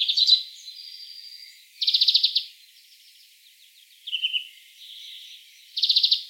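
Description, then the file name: European greenfinch with two bright rattling trill bursts and brief twitters, separated by quieter thin calls. "Chloris chloris"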